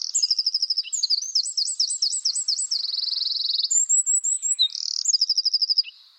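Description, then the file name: Eurasian wren song: a loud, rapid high-pitched outpouring of trills, zigzag warbles and a fast buzzy rattle, then thin whistles and another trill. "Troglodytes troglodytes"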